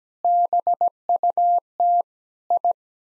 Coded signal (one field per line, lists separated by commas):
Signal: Morse code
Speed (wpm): 17 wpm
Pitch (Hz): 700 Hz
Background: none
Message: BUT I